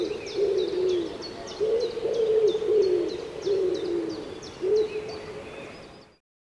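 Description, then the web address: Common Wood Pigeon giving soft, throaty coos in repeated phrases, with a string of high, clipped chirps from another bird. "cianscape birddata Deverinetal 2025 Bird Co Pa Co Pa 1"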